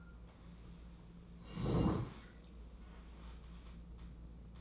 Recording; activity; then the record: daily activity, microphone in the room; sit down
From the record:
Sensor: 1